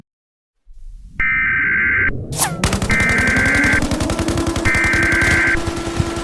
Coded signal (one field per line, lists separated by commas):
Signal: Emergency Alert System (SAME) tones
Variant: header bursts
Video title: EAS Mock: War on the United States